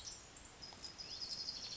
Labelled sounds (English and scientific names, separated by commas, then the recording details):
Orange-crowned Warbler (Leiothlypis celata)
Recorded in Sonoma County, California